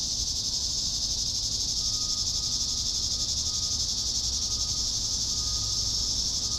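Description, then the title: Cicada chorus as a continuous shrill buzz holding level throughout, a faint pure tone entering early on, low rumble underneath. "neoscenes: cicadas"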